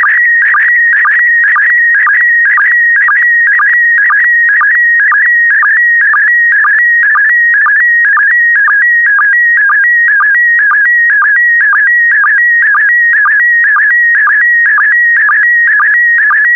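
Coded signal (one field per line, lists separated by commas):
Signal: SSTV (slow-scan television)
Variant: PD120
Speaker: 3, 2, 1. Thank you. Transmission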